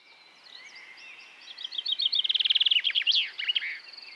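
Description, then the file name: Common chaffinch song: soft introductory chirps build into a fast trill of falling notes and finish with a flourish, all high-pitched. "Fringilla coelebs"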